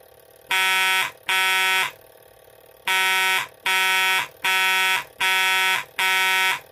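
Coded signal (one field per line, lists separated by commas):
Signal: coded fire alarm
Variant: Couch code wheel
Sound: harsh buzzing horn: 2 blasts, a pause, then 5 more blasts, cut off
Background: small room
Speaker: you'll see the code wheel hit those notches right there and code the fire alarm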